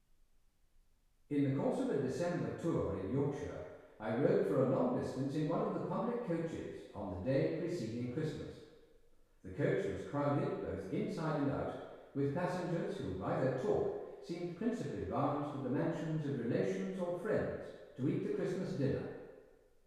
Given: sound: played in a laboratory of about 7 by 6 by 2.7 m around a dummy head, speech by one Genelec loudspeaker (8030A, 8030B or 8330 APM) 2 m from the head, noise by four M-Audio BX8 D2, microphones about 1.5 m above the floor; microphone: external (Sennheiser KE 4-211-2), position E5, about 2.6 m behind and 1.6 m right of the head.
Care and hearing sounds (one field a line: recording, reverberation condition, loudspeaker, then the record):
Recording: male speech in English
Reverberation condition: high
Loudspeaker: 150 degrees to the right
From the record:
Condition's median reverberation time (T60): about 1300 ms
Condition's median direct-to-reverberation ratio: about -4.0 dB